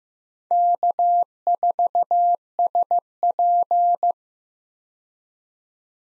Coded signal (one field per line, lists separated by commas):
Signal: Morse code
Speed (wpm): 15 wpm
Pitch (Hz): 700 Hz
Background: none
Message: K4SP